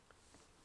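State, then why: Not seated. A child presses the plastic neck piece of a buildable Blokees Transformers Galaxy Version 03 action figure into its torso socket. A small, soft contact sound is heard at about 0.1 s, with a fainter one near 0.3 s, but no clear snap. The neck piece is in but has not clicked yet; it needs to click so the head does not fall off.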